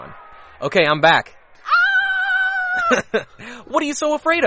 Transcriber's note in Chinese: Screaming